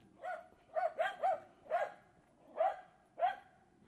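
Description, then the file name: Hound barking in a short series of seven clipped yelps against a faint background hiss. "foul hounds"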